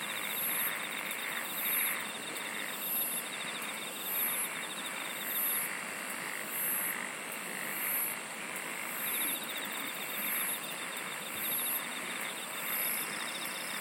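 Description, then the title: Insects singing in a dense chorus, with high buzzy bursts repeating regularly over a ticking trill and a swelling hiss. "SINGING OF INSECTS"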